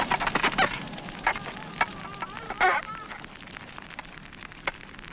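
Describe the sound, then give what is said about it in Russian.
Embers of Tutoy's burning house, of which only the poles remain, crackle and pop in irregular sharp snaps over a steady low hiss, with denser bursts early on and sparser pops later. “От дома Тутоя остались только жерди, которые догорают.”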